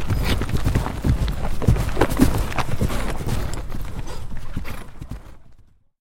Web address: Hollywood Edge Historical Series cd 1 War Horses Armies Weapons. Horses Canter By 2 Lines